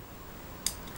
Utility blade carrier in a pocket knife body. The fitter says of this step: so clicking into place it doesn't rattle because there's a magnet in here hopefully